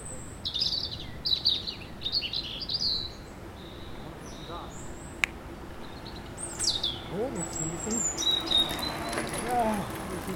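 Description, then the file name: European robin singing high, varied twittering phrases in two bouts separated by a quieter gap, with one sharp click midway. "Erithacus rubecula"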